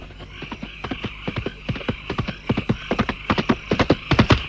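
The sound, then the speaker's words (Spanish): The hooves of a horse ridden by a Bokor clip-clop in a steady, brisk rhythm of sharp, hollow knocks, growing slightly louder toward the end, with no voices. “El Bokor monta a caballo en una de las varias maneras de zombificar, siempre con la cara vuelta a la cola del animal, dirigiéndose así al lugar en el que se encuentra el que ya parece estar condenado a ser zombi.”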